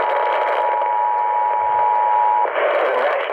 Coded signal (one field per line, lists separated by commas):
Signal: Emergency Alert System (SAME) tones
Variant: 853 and 960 Hz attention tone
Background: speech